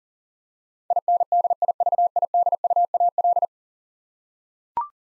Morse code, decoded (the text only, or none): INDIVIDUAL